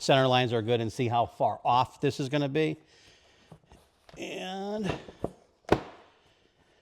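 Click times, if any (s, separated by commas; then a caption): 5.7 s. A custom seat base being built for a Harley Road King is test-fitted onto the motorcycle and pressed down while someone talks. After a few faint knocks, it snaps into place with one sharp hit at 5.7 seconds and sits seated.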